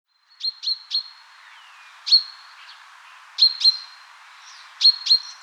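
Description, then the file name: Common chaffinch calling with crisp, high 'pink' notes, single, doubled and tripled, spaced irregularly over a quiet background. "Fringilla coelebs"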